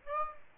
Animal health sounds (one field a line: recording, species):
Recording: mosquito wingbeat signal from an infrared sensor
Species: Aedes aegypti